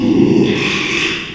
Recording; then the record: squeal of a Yucatan mini pig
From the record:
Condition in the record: after surgery on the right vocal fold (resection and tissue-engineered implant); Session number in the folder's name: 1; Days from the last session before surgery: 6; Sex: male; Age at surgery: 12 weeks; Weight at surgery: 13 kg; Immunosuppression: cyclosporine, prednisolone